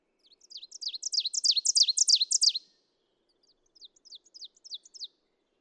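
Ovenbird song: a loud, quick series of high, ringing two-note phrases rising in volume, then after a pause a fainter, thinner run of the same phrases.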